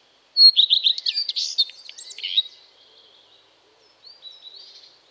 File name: Common Redstart (Phoenicurus phoenicurus)